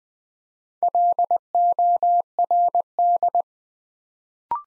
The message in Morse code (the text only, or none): LORD